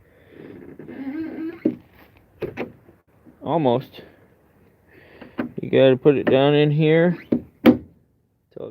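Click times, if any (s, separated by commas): 7.7 s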